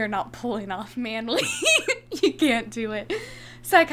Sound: laughs